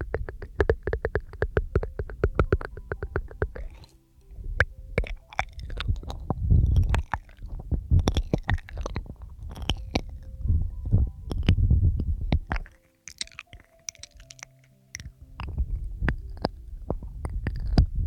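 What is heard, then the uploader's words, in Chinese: Fresh mouth sounds: wet clicks, smacks and small pops come in quick irregular bursts, some sharp and bright, with a soft low rumble swelling beneath them. Brief near-silent gaps occur around four and thirteen seconds before the clicking resumes. 又是新鲜口腔声asmr。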